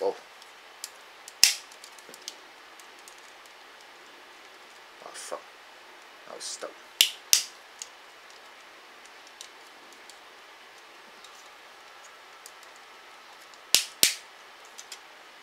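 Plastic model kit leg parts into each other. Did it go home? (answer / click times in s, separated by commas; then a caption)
yes / 7.0 s, 7.3 s, 13.7 s, 14.0 s. Plastic leg parts of a Daban MG Sazabi Ver Ka model kit are pressed into each other, seating with loud, sharp clicks at 7.0, 7.3, 13.7 and 14.0 seconds amid softer handling ticks. The clicks show how tight the fit is, unlike Bandai kits where parts simply slide in without clicking. Someone talks briefly.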